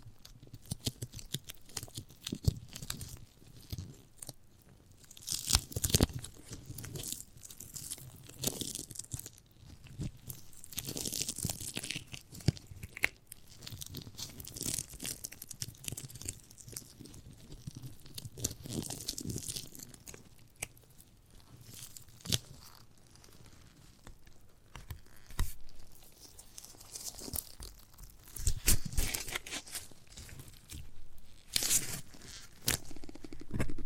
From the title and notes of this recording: ASMR of a Giant Gummy Bear (No Talking).